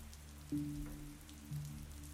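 Steady rain patters in a soft, continuous hiss, with a low humming drone underneath and two brief swells in loudness about a second apart. No one speaks.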